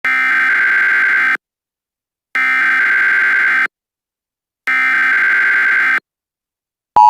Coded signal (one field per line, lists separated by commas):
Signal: Emergency Alert System (SAME) tones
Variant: header bursts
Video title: IITPP EAS - Meltdown